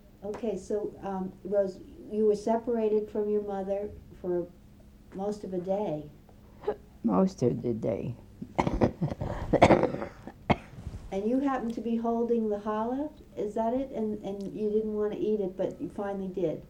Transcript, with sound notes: Okay, so, Rose, you were separated from your mother for most of the day.
Most of the day. (coughs)
And you happened to be holding the khala, is that it? And you didn't want to eat it, but you finally did.